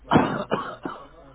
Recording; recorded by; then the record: voluntary cough; telephone call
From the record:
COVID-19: positive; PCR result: checked with the laboratory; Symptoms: yes